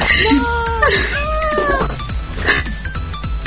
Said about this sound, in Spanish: Pero es que fue demasiado, demasiado. Ya está llorando, amigo.